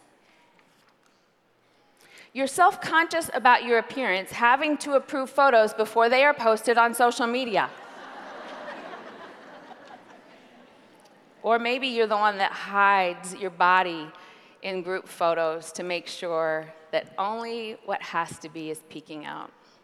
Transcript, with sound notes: - You’re self-conscious about your appearance, having to approve photos before they are posted on social media. - (laughter) Maybe you’re the one who hides your body in group photos to make sure that only what has to be is peeking out.